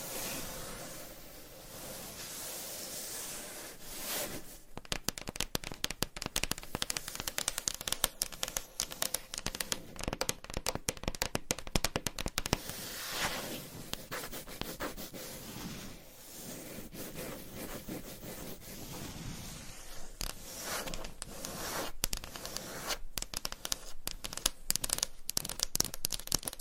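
A surface is scratched, tapped and traced. Smooth, hissing strokes open the clip and return briefly around the middle, while long stretches are filled with rapid, crackling taps and scrapes, dense and irregular, bright and dry with little low end.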